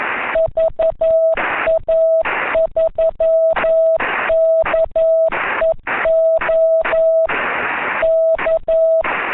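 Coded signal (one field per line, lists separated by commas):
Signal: Morse code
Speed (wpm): 11 wpm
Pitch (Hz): 650 Hz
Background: none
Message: VA3KEO K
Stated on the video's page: CW sent by net control during a simulated emergency test net on 7.130 MHz, 300 W into a vertical antenna, with CW at 10 and 15 WPM.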